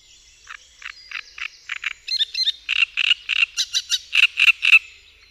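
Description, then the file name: Great reed warbler song: loud harsh croaking notes repeated in quick runs, with a few higher, squeakier notes between them. "Trzciniak"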